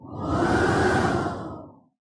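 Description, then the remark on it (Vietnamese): A steady, broad rushing whoosh of howling wind, swelling in quickly, holding full and roaring for over a second, then fading out smoothly. No voices. “Tiếng gió rít gào, quyển tranh trải rộng ra,”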